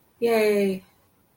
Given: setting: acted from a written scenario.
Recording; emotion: vocal sound without words; adoration